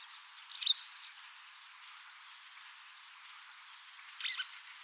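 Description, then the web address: Bird uttering a sharp, high chirp at the start, then a softer, similar chirp about four seconds later, over faint hiss. "Deverinetal 2025 File origin Bird Only"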